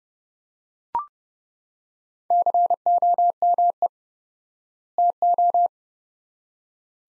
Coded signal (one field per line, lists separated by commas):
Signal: Morse code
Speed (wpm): 32 wpm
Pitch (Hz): 700 Hz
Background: none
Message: COME TO